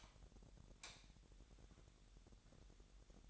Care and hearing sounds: daily activity, microphone in the room; light off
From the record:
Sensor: 3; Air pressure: 1012.0 hPa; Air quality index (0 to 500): 224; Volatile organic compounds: 4 ppm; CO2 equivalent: 1667 ppm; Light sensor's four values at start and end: 15/36/15/15 and 13/30/13/13

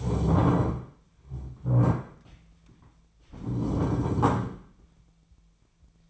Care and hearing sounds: daily activity, microphone in the room; stand up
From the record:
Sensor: 1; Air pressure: 1008.0 hPa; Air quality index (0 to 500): 191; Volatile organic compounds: 17 ppm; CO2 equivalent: 2584 ppm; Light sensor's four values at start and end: 13/33/13/15 and 13/33/13/14

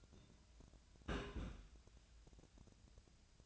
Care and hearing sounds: daily activity, microphone in the room; place on stove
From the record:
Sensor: 2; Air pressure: 1009.8 hPa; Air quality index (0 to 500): 180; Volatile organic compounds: 10 ppm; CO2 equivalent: 2250 ppm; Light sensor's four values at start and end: 32/79/34/38 and 32/79/34/38

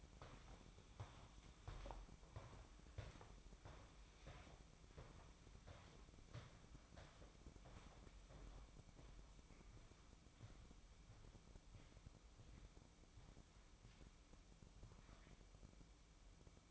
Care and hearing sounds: daily activity, microphone in the room; walk to room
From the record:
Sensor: 1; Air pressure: 1008.2 hPa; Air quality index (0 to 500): 138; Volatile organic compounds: 2 ppm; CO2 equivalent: 1163 ppm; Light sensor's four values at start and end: 9/21/8/9 and 9/20/8/9

